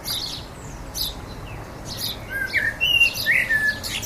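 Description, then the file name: Common blackbird giving a short mellow whistled phrase, then a slurred warble, among bursts of high thin chirping. "Turdus merula"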